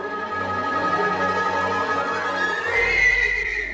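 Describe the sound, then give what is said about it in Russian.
A horse that has come running back whinnies in one long, loud, quavering call that holds steady and then climbs higher in pitch near the end. No one speaks. “Отец, слышите? Это мой конь! Прибежал!”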